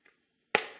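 The second folded-over tab of an MSA hard hat suspension is pushed into its slot in the shell. After a faint tap near 0.1 s, it snaps home with a sharp click at 0.6 s that rings off briefly. The tab is seated.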